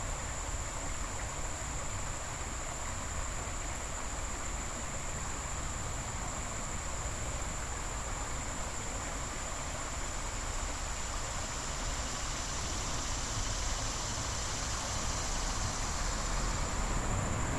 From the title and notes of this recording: Standing and thinking next to Sligo Creek in Takoma Park, Maryland.